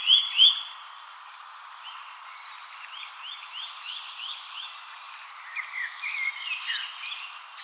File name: Sitta europaea